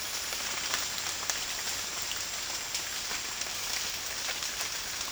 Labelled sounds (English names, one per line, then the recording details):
none
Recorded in dense forest near Puerto Asís, Putumayo, Colombia, on 12 March 2025 at 08:00
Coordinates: 0.484, -76.317
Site G064